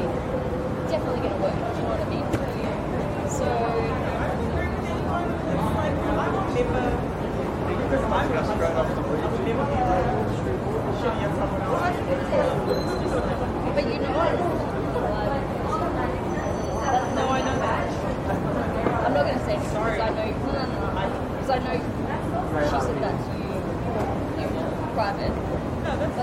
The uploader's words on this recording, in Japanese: シドニー市内 Townhall の騒音。そのメインストリートのGeorge street にて行き交う人々を眺めながらゆっくり過ごします。